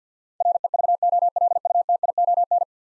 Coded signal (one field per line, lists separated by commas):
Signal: Morse code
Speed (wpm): 50 wpm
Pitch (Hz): 700 Hz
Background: none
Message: REVOLUTION